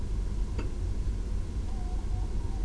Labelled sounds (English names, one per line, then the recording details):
Tawny Owl
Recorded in Germany
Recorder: ecoPi